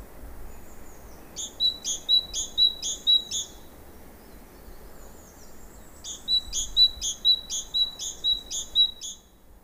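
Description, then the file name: Great tit singing bright, repeated two-note phrases in two bursts, the second longer with about seven phrases, rhythmic and even, against a quiet hiss. "Parus major"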